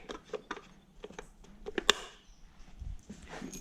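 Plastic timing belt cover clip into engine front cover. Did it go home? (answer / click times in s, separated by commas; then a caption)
yes / 1.9 s. On a 1UZ/3UZ VVTi engine, the plastic timing belt cover is fitted and its spring clip is pushed home into the engine front cover, with scattered soft taps and handling knocks before it. A sharp, bright click at 1.9 s marks the clip snapping positively into place, followed by quieter fumbling and a brief low thud near 2.8 s. The clip is seated.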